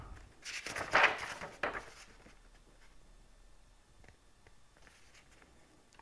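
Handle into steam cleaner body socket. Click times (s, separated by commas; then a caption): 1.6 s. A plastic extension handle is pushed down onto the socket of a McCulloch MC1385 Deluxe Canister Steam System canister steam cleaner until its spring button snaps into place. Rustling and handling sounds build to a sharp snap at 1.6 s, followed by faint ticks and quiet room tone. The handle is seated.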